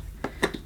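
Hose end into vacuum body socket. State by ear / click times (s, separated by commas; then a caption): seated / 0.4 s. The hose end of a Dyson DC28C Musclehead vacuum cleaner is pushed into its socket on the vacuum body. A short tap at 0.2 s comes first, followed by the main sharp click at 0.4 s and a faint trailing tick just after. The hose seats securely in place.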